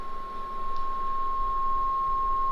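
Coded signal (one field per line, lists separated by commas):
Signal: 300-baud modem data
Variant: 1070 Hz FSK carrier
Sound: a single steady unbroken tone around 1070 Hz, with no keying or warble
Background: faint room hiss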